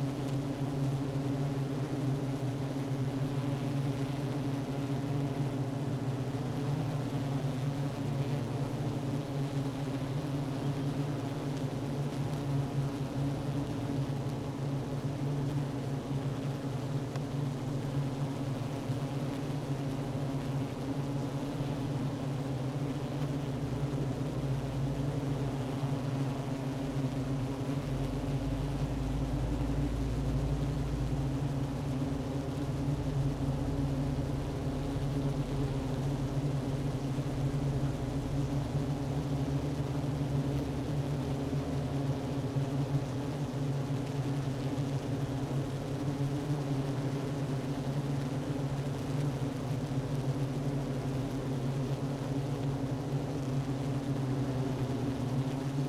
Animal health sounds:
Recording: honeybee colony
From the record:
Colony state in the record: active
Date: 12 June 2018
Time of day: 10:56

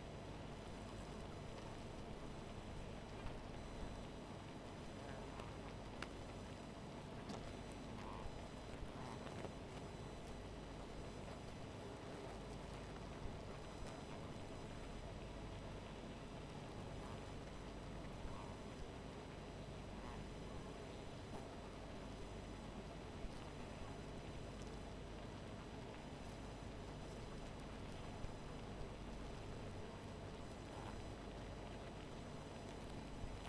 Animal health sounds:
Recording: honeybee colony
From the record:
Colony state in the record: missing queen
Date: 14 July 2017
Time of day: 1:41

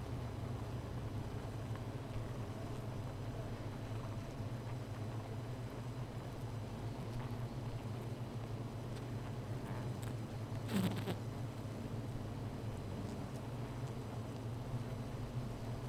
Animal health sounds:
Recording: honeybee colony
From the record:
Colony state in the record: missing queen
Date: 14 July 2017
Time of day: 13:57

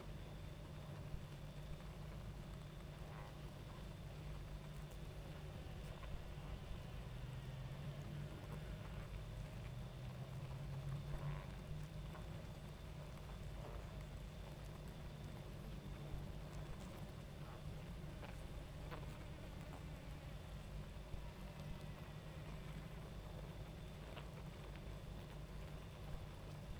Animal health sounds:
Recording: honeybee colony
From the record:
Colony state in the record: active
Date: 28 July 2017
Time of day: 22:24

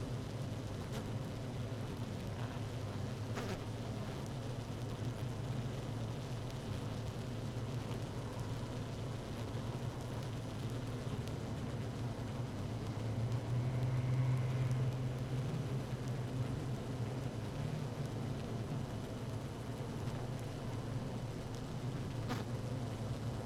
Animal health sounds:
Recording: honeybee colony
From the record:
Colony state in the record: active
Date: 12 June 2018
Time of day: 15:27

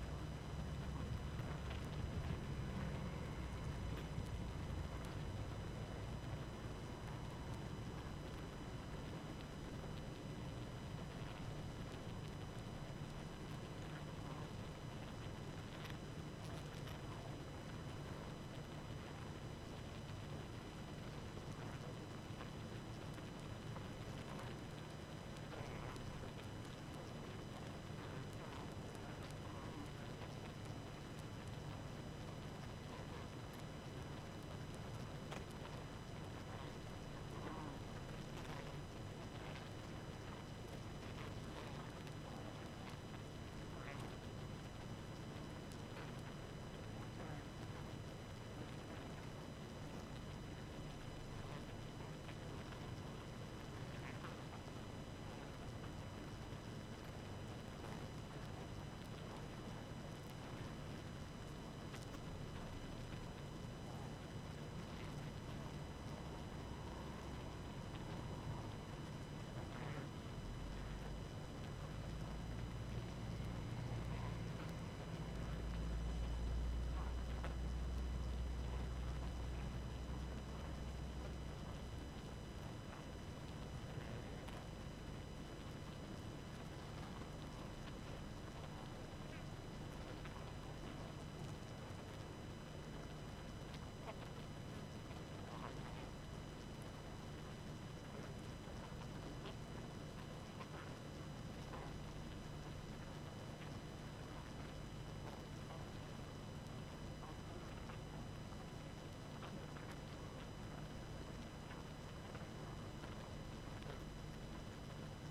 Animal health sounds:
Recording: honeybee colony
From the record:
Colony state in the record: active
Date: 12 June 2018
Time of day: 22:51

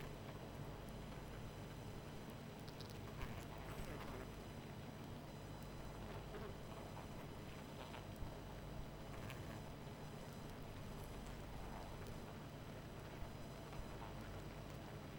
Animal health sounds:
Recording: honeybee colony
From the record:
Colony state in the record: missing queen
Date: 14 July 2017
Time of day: 22:01

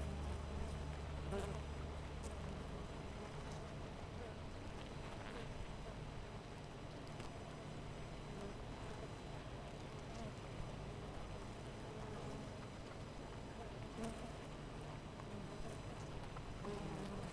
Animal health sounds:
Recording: honeybee colony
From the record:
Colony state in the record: missing queen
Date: 14 July 2017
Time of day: 5:26

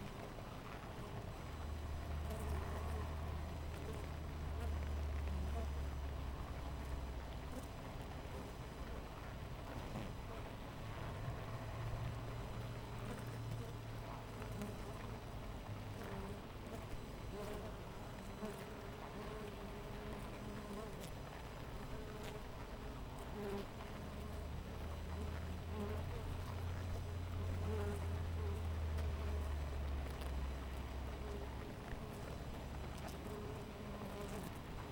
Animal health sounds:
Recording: honeybee colony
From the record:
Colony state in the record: missing queen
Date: 14 July 2017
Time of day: 6:41

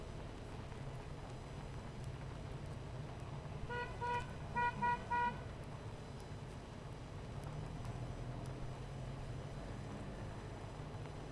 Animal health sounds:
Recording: honeybee colony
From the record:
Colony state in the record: missing queen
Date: 14 July 2017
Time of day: 17:50

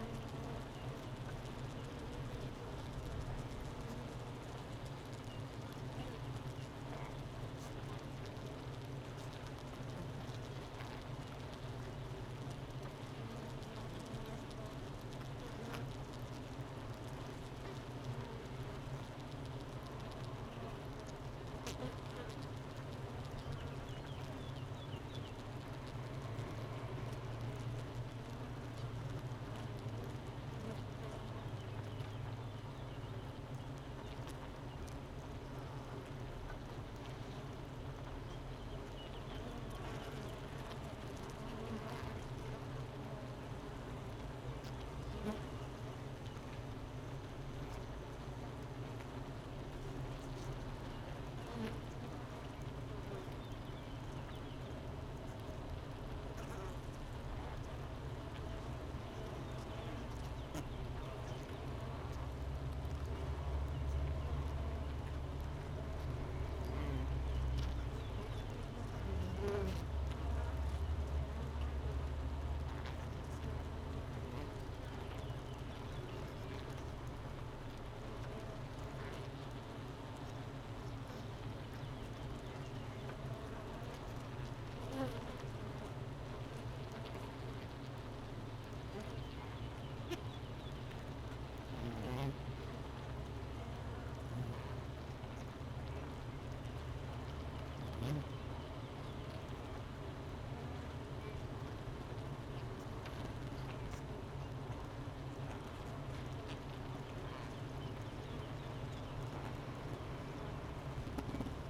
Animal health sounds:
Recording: honeybee colony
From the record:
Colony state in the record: missing queen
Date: 31 May 2018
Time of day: 9:22

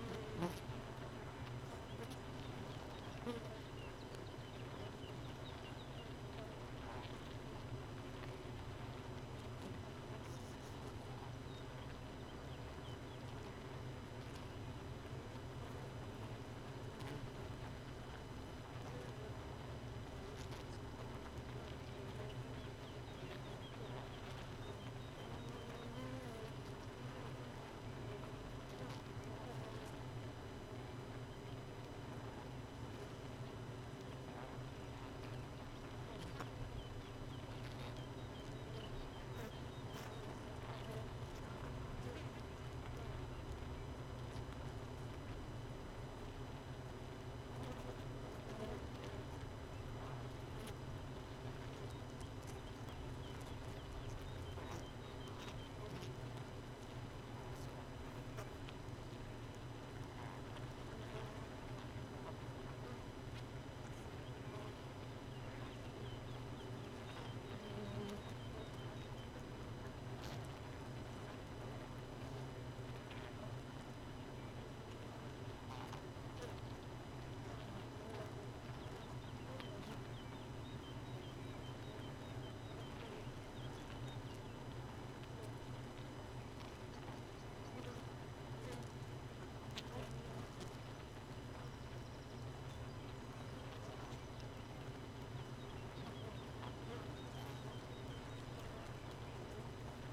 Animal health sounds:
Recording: honeybee colony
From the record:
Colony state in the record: missing queen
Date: 31 May 2018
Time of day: 4:14

